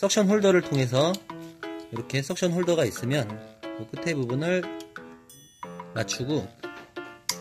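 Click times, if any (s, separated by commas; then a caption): 7.3 s. A plastic suction holder is lined up and pressed onto a printer ink cartridge while someone talks, with music playing underneath. One sharp, loud click at 7.3 s shows the holder has seated on the cartridge.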